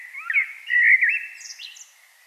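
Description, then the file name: Common blackbird singing one mellow, warbled phrase of low fluted notes that fades into a brief, thin, high twitter at the end. "Turdus merula"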